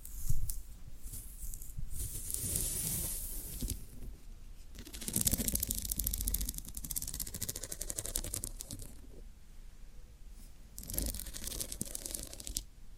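Floral foam being pressed, cut or crumbled, giving a dry, crackly scraping in uneven bursts. Louder rough stretches come around 0–1, 2–4, 5–7 and 11–12 seconds, with quieter rustling and soft low thumps between them.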